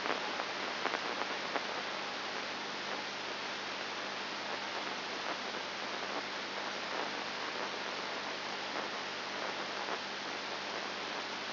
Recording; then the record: brain microelectrode recording played as sound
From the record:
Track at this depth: inside the subthalamic nucleus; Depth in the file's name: 4.501 mm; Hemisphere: left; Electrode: 2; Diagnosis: Parkinson's disease